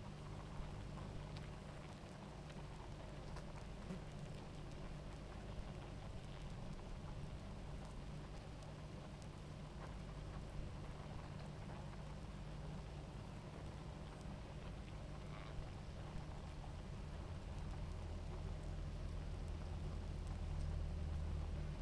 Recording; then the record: honeybee colony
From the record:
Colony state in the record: active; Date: 28 July 2017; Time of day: 18:00